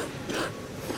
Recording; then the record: coughing mixed with background sound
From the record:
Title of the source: 60 coughing still (deep and wet cough)